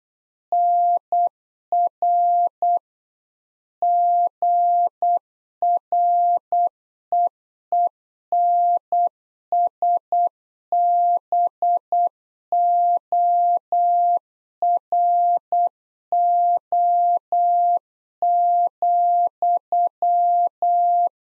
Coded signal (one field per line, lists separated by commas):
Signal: Morse code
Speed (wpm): 8 wpm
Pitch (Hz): 700 Hz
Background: none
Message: NR GREENSBORO,